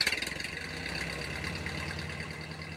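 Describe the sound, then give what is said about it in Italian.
A car engine idles steadily with a low, throbbing rumble, opening with a few quick pulses before settling into an even, continuous hum with a faint high whine on top; Dusko's car setting off on the roads of the former Yugoslavia. “Dusko salì sulla sua macchina e si mise in viaggio lungo le strade caotiche dell'antica Jugoslavia.”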